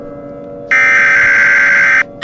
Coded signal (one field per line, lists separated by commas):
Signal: Emergency Alert System (SAME) tones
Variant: header bursts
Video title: EAS Scenario Reactions By Suoerstar Studios Animations